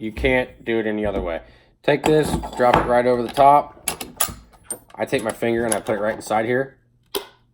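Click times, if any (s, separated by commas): 7.2 s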